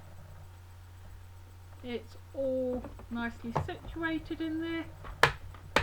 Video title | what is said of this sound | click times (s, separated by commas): Sensory bags part 3 | the clicks again | 5.2 s, 5.8 s